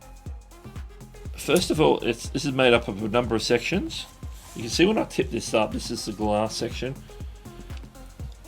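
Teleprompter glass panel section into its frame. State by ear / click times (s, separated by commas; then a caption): not seated / none. Someone talks over background music while tipping up the glass panel section of a 12-inch teleprompter hood toward its frame. A couple of faint brief ticks sound near 7.8 s and 8.3 s, but the glass section has not yet locked into place, and nothing has seated or clicked by the end of the clip.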